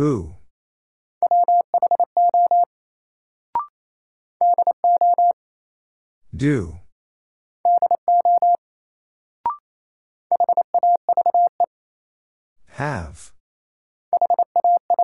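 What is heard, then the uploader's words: A short word tapped out in Morse code as clean beeps at one mid pitch, dots and dashes in tight groups repeating roughly every three seconds. Between groups come a low swooping voice-like whoosh and a brief bright click, with silence otherwise. Sentences from Top 100 Words - New Word Drill - 28wpm. First, the word is sent in Morse code.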